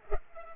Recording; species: mosquito wingbeat signal from an infrared sensor; Culex pipiens